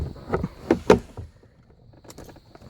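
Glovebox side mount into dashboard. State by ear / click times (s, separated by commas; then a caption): not seated / none. The second side of a plastic glovebox is pushed into its dashboard mount on a 2004–2008 Mazda 3, 5 or 6 during an AUX cable install. Hollow plastic knocks sound at about 0.3, 0.7, 0.9 and 1.2 seconds, followed by faint taps around 2.1 seconds. The mount has not snapped in.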